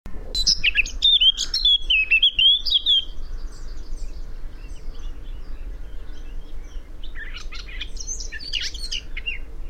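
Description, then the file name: Eurasian blackcap song: a rich, fluty warbled phrase in the first three seconds, followed after a pause by brief scratchy, high chattering notes; steady low background hum. "Sylvia atricapilla"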